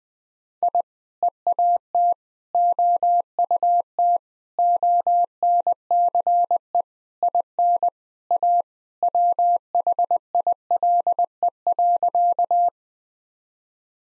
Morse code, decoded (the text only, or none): I EAT OUT ONCE IN A WHILE.